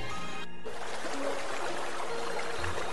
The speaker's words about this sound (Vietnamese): Tai Địch Dân nghe thấy tiếng nước tí tách, trên mặt có cái gì lạnh ngắt đang nhỏ xuống